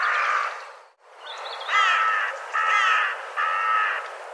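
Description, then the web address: Bird calling with rough, nasal caws, a short call followed after a brief pause by three evenly spaced harsh calls. "cianscape birddata"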